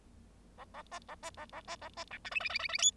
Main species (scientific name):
Lonchura striata domestica